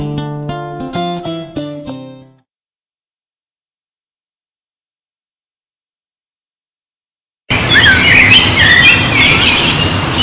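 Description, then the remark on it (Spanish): A few seconds of layered musical tones, then a long silence, then birds chirping busily in quick, high overlapping calls over a steady hiss of background noise. “Nuestros pájaros, nuestros ríos.”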